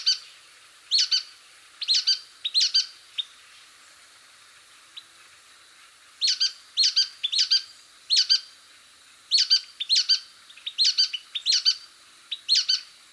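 Nuthatch calling: bright, clipped high notes in pairs and triplets, coming in clusters with short pauses between runs, background otherwise quiet.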